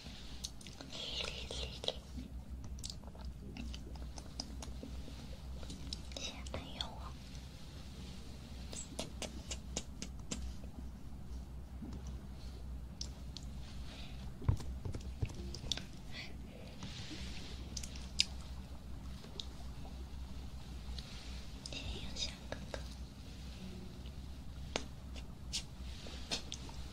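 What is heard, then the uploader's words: Ear cleaning and massage sounds: a steady low rumble under frequent crisp clicks, scratches and rustling bursts scattered throughout. ASMR Ear cleaning & Ear massage.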